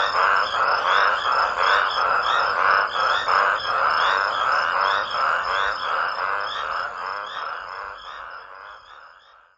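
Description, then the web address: Raucous toads calling together in loud grating pulses that fade away over the final seconds. "smallsounds raucous-toads sotw"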